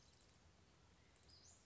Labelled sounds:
Western Flycatcher

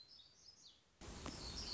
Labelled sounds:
Black-throated Gray Warbler

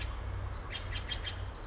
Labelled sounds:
Pacific Wren

